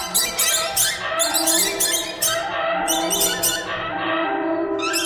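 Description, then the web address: Birds calling together, rapid squawky and squeaky notes tumbling over one another in an unbroken, busy flock chatter. "soundfactory birds"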